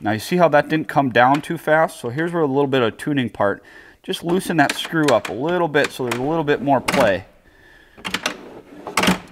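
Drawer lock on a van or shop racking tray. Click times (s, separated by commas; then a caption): 9.0 s. Someone talks while loosening the screw on a shark-style drawer lock on a van or shop racking tray, then jiggles the drawer. At about 9.0 s the lock lets go and the drawer pops open with loud thunks.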